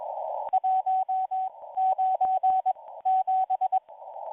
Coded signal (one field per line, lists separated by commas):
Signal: Morse code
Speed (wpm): 20 wpm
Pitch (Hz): 760 Hz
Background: radio noise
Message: 197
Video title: M01 Morse Code Numbers 10/12/2022 1500 UTC 5810kHz